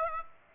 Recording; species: mosquito wingbeat signal from an infrared sensor; Aedes aegypti